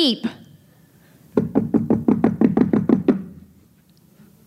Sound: knocking

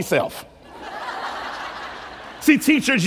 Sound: laughter

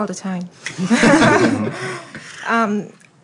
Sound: laughter

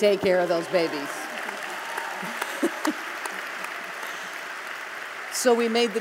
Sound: applause

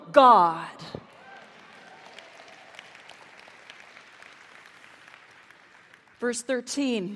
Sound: applause

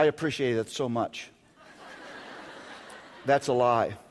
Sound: laughter

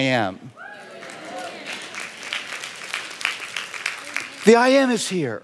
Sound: applause

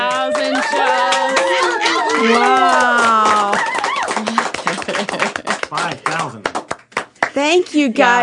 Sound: applause and cheers

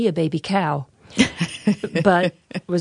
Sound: laughter

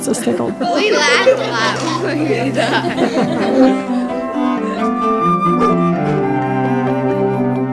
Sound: laughter of kids

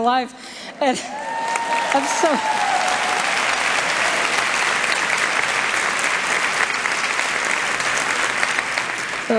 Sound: applause

